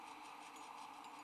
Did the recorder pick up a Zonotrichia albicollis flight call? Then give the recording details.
no. No flight call is heard. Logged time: 07:36 on 18 December 2014